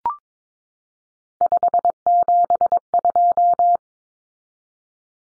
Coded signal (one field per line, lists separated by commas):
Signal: Morse code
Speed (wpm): 22 wpm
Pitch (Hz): 700 Hz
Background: none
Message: 572